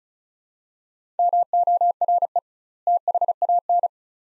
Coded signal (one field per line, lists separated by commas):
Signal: Morse code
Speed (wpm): 36 wpm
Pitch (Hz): 700 Hz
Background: none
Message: MORE THAN